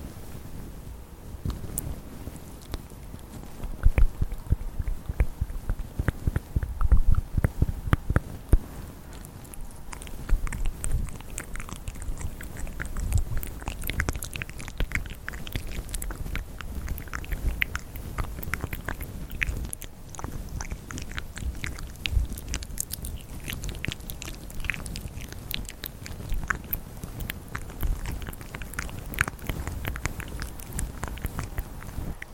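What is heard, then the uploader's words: Mouth sounds: a dense run of wet clicks, smacks and chewing-like crackles that keeps going for the whole half minute. The clicks are loudest and thickest around the fourth to eighth seconds, then settle into a steadier, softer patter mixed with a low hush. ASMR Mouth Sounds and Tracing your Face.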